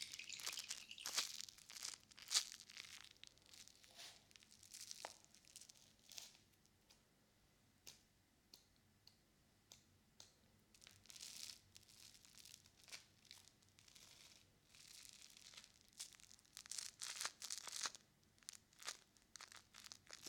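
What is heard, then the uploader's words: A soapy sponge is worked with water, giving wet, crackling squelches and bubbly crinkles. Busy bursts of scrubbing open the clip, thin out into sparse clicks around the middle, then pick up again from about eleven seconds. A faint low hum sits underneath throughout. ASMR Binaural Sounds Water Soap Sponge.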